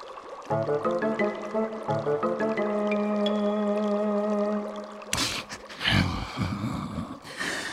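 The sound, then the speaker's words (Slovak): Sustained instrumental chords play for several seconds, then give way to a loud, rushing splash of water as a woman draws water, continuing in uneven bursts. “Berieš vodu, Zuzka?”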